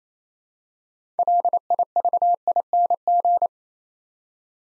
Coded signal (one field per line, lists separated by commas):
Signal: Morse code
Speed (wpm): 29 wpm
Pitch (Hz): 700 Hz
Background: none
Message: LIVING